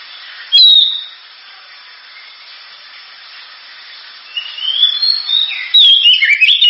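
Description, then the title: Oriental magpie-robin song: a brief high whistled phrase, a pause with faint hiss, then a run of varied sweeping whistles and twitters near the end. Champion song bird. "Kicau Burung Kacer Juara"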